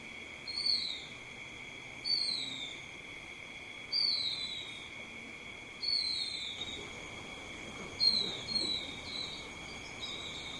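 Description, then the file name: Silvereye repeating thin, descending whistled calls roughly every two seconds, the last ones coming closer together, against a steady high-pitched whine. Subspecies vegetus. "Zosterops Lateralis Vegetus"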